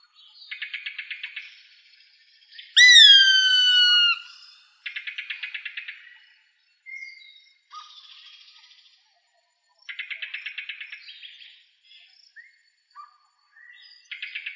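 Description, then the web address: Gray hawk gives a single loud, sliding whistle, while another bird repeats short, buzzy pulsed trills several times before and after. Arizona, United States, recorded 7 August 2006. "Birds of Prey AZFO GRHA deviche 070806"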